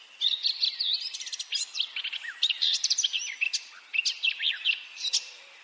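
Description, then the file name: Eurasian blackcap song, a fast, jumbled warble of high chirps, rattling trills and bright whistled notes, over a steady background hiss. "Sylvia atricapilla"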